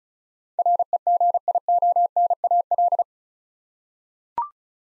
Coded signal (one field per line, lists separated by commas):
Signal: Morse code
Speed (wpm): 36 wpm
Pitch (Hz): 700 Hz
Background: none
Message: REGIONAL